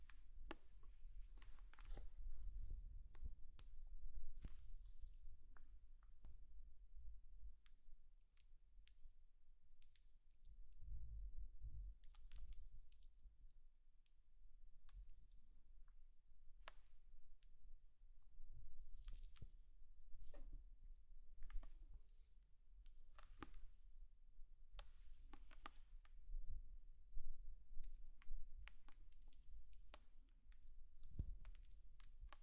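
Slime being squished and pressed gives off a steady stream of sharp, wet clicks and pops, irregular but dense throughout. Occasional soft, low thuds come through, notably near 2, 11 and 31 seconds, under otherwise quiet background.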